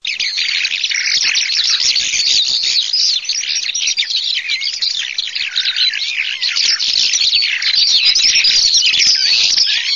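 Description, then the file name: Eurasian skylark song: a loud, unbroken stream of rapid high warbling and trilling notes, tumbling on without pause throughout. "ALLODOLA"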